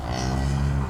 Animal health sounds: contact call of a hoofed animal; cattle; low-frequency (closed-mouth) or high-frequency (open-mouth) call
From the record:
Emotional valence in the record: negative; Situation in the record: physical separation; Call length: 0.90 s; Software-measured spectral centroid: 2320 Hz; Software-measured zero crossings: 1400 a second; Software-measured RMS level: -24 dBFS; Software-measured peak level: -13 dBFS

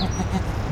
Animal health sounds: contact call of a hoofed animal; goat; low-frequency (closed-mouth) or high-frequency (open-mouth) call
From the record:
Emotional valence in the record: negative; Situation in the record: short social isolation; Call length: 0.71 s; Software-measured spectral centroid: 2110 Hz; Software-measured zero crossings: 1430 a second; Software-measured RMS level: -24 dBFS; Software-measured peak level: -12 dBFS

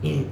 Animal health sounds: contact call of a hoofed animal; pig; closed-mouth grunt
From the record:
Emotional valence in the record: negative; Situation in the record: short social isolation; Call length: 0.31 s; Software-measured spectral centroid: 1730 Hz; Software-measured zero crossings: 710 a second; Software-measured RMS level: -24 dBFS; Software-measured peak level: -15 dBFS

